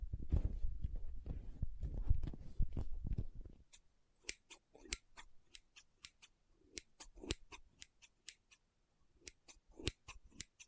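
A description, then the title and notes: Soft, squishy, sticky handling fills the first four seconds with a dense, low rustling and pressing. After that come sharp, separate snips like scissors cutting, spaced unevenly about every half second. Occasional soft squishes sit between the cuts, with silence in the gaps. Soft Squishy Sticky, Crinkle, Cutting Sounds.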